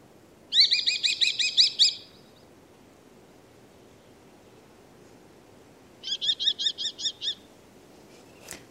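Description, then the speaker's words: Common kestrel calls, two bursts of fast shrill repeated notes several seconds apart, the second quieter, over a soft background hiss. Played back. "Jag tänker vi kan bara lyssna på hur tornfalken låter."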